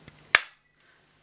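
The plastic hose end is pushed onto the articulated wand handle of a Dyson Cinetic Big Ball Animal canister vacuum, and a sharp, bright click snaps out at 0.4 s after a faint tap near 0.1 s. The hose seats securely on the handle.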